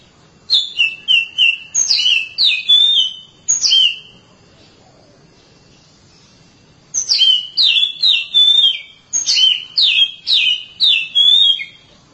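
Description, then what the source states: Oriental magpie-robin song: two bursts of rapid, ringing whistled notes, many sliding down in pitch, separated by a few seconds of quiet. Long-duration song.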